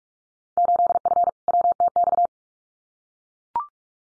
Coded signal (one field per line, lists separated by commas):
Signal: Morse code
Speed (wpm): 44 wpm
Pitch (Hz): 700 Hz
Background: none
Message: 8F WTX